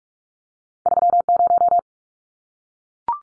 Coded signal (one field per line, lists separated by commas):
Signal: Morse code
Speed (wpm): 44 wpm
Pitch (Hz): 700 Hz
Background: none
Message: 30